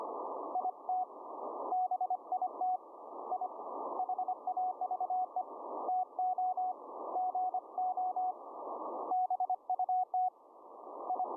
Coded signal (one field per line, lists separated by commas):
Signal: Morse code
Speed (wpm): 25 wpm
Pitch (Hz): 740 Hz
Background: none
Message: IT BIT I HAVE TO GO BUT I